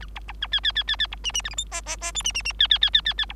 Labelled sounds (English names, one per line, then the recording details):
Bengalese Finch song
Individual Bird3